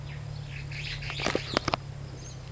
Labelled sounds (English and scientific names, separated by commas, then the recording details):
Superb Starling (Lamprotornis superbus) flight call
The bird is a male
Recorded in Kenya on 28 May 2010
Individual 46, of group MRC1